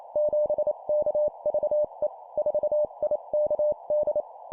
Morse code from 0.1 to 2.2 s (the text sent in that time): 7KVE